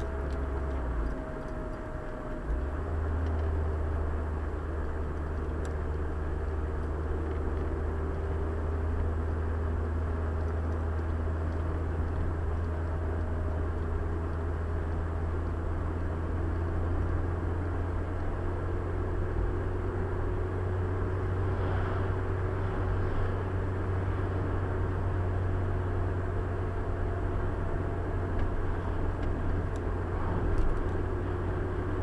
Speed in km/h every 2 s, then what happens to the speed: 63, 58, 56, 57, 57, 61, 62, 62, 65, 69, 71, 71, 72, 68, 68, 69.
0-3 slows to 56. 3-8 steady at about 57. 8-22 speeds up to 71. 22-32 steady at about 69.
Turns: none.